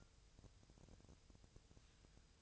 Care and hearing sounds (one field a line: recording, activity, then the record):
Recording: daily activity, microphone in the room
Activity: take from stove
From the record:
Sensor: 2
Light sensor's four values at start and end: 6/15/6/6 and 6/15/6/6